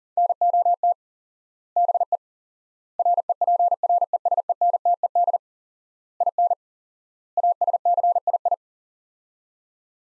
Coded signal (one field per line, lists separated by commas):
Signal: Morse code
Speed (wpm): 40 wpm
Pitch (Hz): 700 Hz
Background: none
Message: NOT BE REPRESENTED IN ASCII